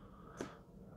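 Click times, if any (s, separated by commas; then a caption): 0.4 s. A plastic eyebrow comb attachment is slid through its guide slots onto the head of an electric trimmer and pushed until it seats. A single short, sharp click is heard at 0.4 s over a low steady background hum. The attachment clicks on and is seated.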